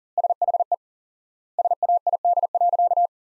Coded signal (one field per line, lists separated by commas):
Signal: Morse code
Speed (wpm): 40 wpm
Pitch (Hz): 700 Hz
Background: none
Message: SHE SAID.